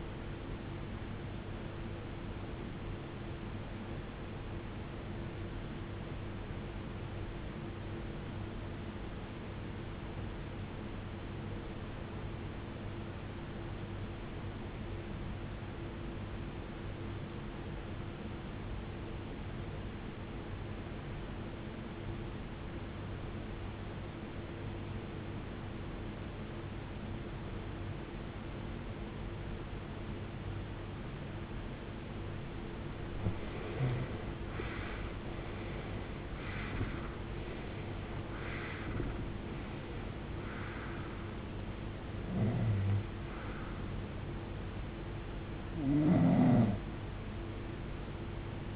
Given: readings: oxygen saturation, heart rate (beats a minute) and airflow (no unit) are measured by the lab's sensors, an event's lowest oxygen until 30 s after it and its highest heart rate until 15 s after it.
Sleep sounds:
breathing in sleep by a voice recorder at the bedside; 1
8.00-32.20 s: obstructive apnea (REM, oxygen 91% highest, then 80% lowest, heart rate 68 at the start, 83 highest)
From the record:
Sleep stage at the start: REM sleep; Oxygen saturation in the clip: 79 to 91%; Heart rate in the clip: 45 to 83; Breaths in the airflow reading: 6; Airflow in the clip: -22.1 to 21.5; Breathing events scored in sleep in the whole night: 389 in 6.3 hours asleep

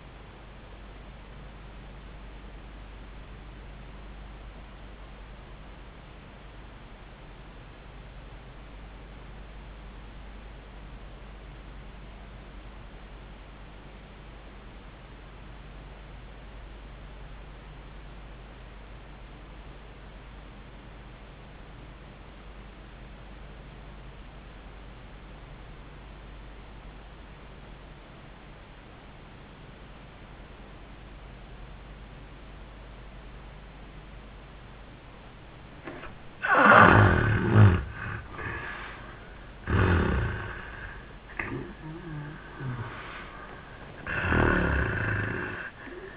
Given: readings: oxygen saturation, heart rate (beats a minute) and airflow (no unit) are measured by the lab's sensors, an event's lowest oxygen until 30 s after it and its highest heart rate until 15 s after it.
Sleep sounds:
breathing in sleep by a voice recorder at the bedside; 1
4.00-37.00 s: obstructive apnea (N1, oxygen 94% highest, then 66% lowest, heart rate 67 at the start, 87 highest)
From the record:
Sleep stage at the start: N1 (lightest sleep); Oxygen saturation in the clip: 64 to 94%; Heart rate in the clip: 62 to 87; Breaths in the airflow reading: 2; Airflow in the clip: -28.8 to 13.2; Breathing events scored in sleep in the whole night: 400 in 8.7 hours asleep

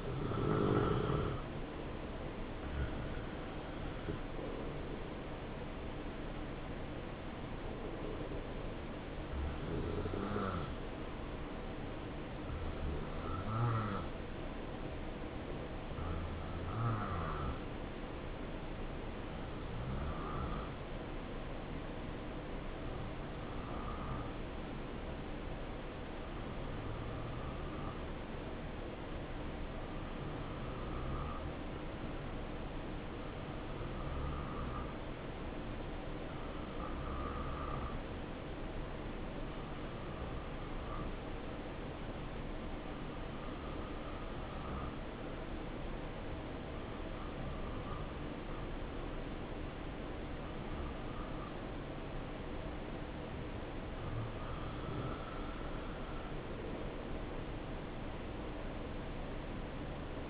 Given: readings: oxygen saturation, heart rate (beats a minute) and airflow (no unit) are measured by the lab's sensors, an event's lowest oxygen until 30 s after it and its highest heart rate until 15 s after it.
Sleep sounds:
breathing in sleep by a voice recorder at the bedside; 1
12.00-54.70 s: hypopnea (N2, oxygen 92% highest, then 88% lowest, heart rate 69 at the start, 72 highest)
From the record:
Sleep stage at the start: N2 (light sleep); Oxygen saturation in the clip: 87 to 92%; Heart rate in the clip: 64 to 72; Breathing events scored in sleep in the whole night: 277 in 7.4 hours asleep

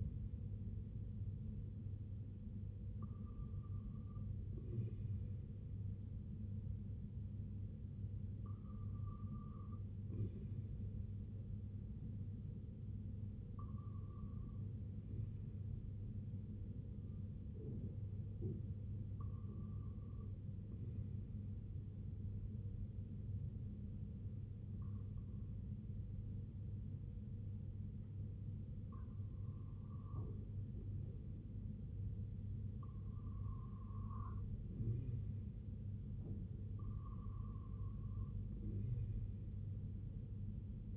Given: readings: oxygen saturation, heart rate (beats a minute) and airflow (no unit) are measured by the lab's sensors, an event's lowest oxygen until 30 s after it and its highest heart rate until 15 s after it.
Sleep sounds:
breathing in sleep by a smartphone at the bedside; none
27.00-40.97 s: new sleep stage, REM sleep
From the record:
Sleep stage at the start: N1 (lightest sleep); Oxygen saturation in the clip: 97 to 98%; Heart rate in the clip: 57 to 62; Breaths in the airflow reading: 7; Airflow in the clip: -6.1 to 3.1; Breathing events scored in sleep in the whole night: 258 in 7.4 hours asleep

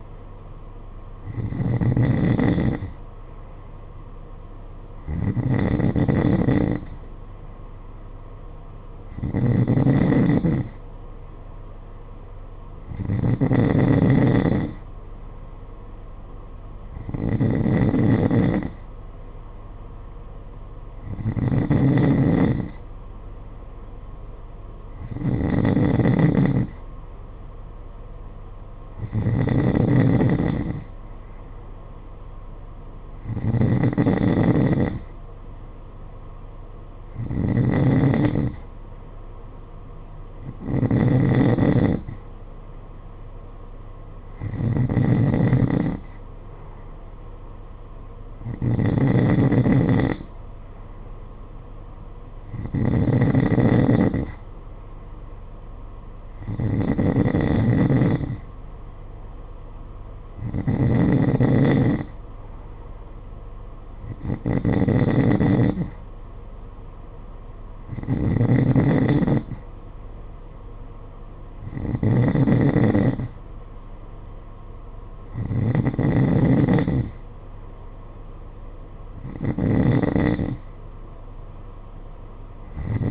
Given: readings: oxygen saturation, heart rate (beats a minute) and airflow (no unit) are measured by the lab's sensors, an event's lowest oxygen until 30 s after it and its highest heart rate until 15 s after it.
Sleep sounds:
breathing in sleep by a smartphone at the bedside; none
none scored
From the record:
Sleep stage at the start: N2 (light sleep); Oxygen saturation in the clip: 91 to 92%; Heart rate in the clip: 51 to 56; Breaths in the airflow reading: 21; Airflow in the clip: -6.8 to 6.1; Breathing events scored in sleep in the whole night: 476 in 9.7 hours asleep

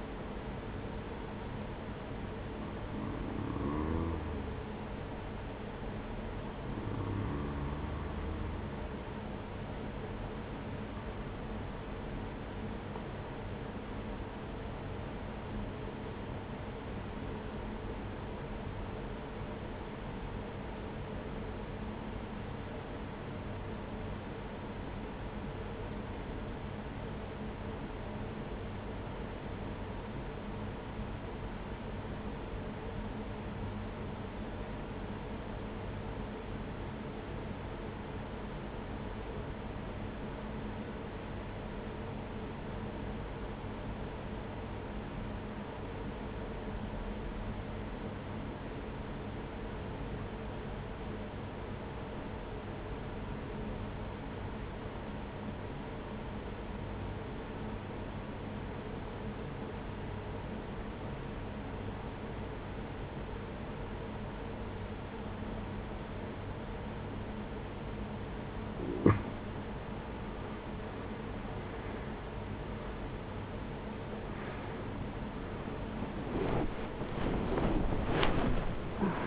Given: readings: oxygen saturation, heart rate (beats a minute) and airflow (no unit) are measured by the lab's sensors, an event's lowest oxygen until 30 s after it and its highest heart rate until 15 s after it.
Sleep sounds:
breathing in sleep by a voice recorder at the bedside; 1
19.00-69.50 s: obstructive apnea (REM, oxygen 95% highest, then 80% lowest, heart rate 48 at the start, 78 highest)
64.00-79.27 s: new sleep stage, awake
70.00-79.27 s: awake
From the record:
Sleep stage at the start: REM sleep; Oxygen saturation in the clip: 83 to 96%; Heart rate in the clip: 44 to 69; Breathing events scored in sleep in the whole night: 210 in 6.9 hours asleep

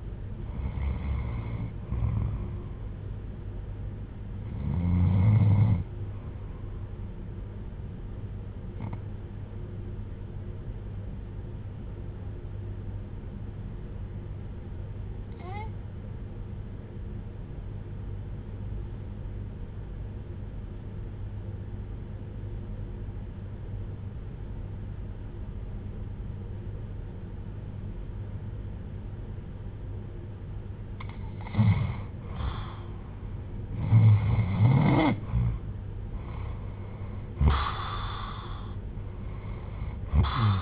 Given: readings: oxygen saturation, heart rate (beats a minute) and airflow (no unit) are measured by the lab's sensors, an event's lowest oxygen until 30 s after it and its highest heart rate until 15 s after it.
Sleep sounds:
breathing in sleep by a smartphone at the bedside; 1
8.00-35.80 s: hypopnea (N1, oxygen 97% highest, then 84% lowest, heart rate 59 at the start, 71 highest)
From the record:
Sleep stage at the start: N1 (lightest sleep); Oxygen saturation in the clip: 90 to 97%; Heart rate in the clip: 59 to 70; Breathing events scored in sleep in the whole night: 310 in 8.1 hours asleep

